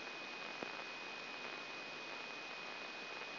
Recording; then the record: brain microelectrode recording played as sound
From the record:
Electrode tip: inside the subthalamic nucleus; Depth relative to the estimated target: -1 mm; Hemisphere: right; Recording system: AlphaMap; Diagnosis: Parkinson's disease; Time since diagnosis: 16 years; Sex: male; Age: 60 years